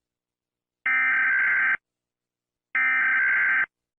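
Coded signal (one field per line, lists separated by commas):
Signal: Emergency Alert System (SAME) tones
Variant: header bursts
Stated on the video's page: A made-up hockey riots EAS scenario, a fictional alert that would not happen in real life.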